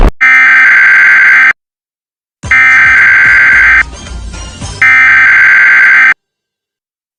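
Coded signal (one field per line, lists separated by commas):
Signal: Emergency Alert System (SAME) tones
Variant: header bursts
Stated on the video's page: Fake Emergency Alert System scenario made for fun, simulated.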